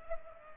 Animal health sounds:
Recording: mosquito wingbeat signal from an infrared sensor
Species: Culex pipiens

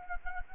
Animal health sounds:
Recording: mosquito wingbeat signal from an infrared sensor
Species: Anopheles gambiae

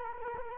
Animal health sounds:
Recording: mosquito wingbeat signal from an infrared sensor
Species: Culex quinquefasciatus

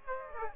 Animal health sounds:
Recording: mosquito wingbeat signal from an infrared sensor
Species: Aedes aegypti

